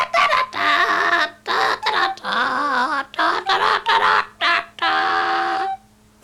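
A parrot sings along with a song a woman starts, warbling in a string of loud, sing-song bursts, its harmonic voice sliding up and down in pitch between short pauses, ending on one longer held phrase.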